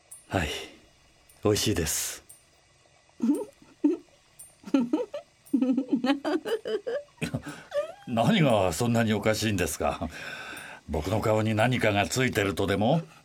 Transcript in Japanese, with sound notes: はい。おいしいです。
ウフ…ウフフフフ…… （と突然おかしそうに笑う） （不思議そうに）
何が、何がそんなにおかしいんですか？僕の顔に何かが付いているとでも？